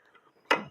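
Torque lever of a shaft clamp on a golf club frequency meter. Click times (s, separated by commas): 0.5 s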